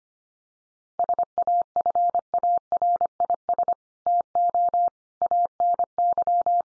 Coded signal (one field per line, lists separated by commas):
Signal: Morse code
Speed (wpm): 25 wpm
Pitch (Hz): 700 Hz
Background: none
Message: SAFARIS TO ANY